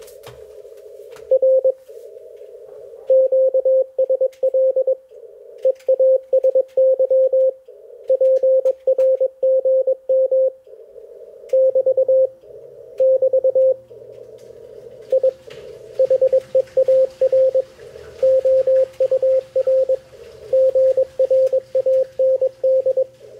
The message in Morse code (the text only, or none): R QSL EASY PRGM <BT> <BT> I HEAR OUR GRAND